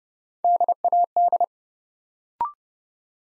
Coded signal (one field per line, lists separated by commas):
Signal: Morse code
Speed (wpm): 30 wpm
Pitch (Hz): 700 Hz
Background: none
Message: DAD